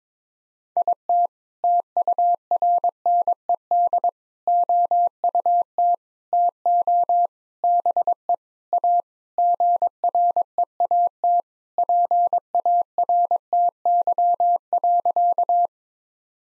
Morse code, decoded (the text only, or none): IT TURNED OUT TO BE A GREAT PARTY.